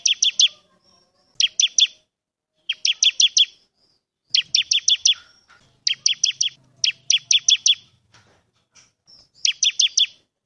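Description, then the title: Bar-winged prinia chirping call: steady series of quick bursts, three to five sharp, bright chirps each, separated by short pauses, with a faint low hum at times. Actively singing bird calling a rival, which answers at once; recording meant to train all kinds of birds. "Ciblek gacor manggil lawan ciblekmu lanhsung nyaut"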